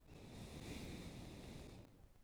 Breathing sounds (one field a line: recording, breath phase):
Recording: one breath near a microphone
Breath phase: exhalation